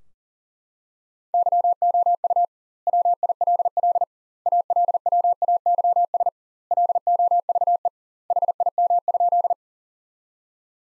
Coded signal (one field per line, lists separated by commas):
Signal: Morse code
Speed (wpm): 40 wpm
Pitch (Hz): 700 Hz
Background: none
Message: YOU WILL ALWAYS LOVE HIM?